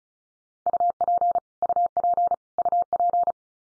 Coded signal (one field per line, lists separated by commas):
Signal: Morse code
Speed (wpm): 34 wpm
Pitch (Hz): 700 Hz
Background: none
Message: UP UP UP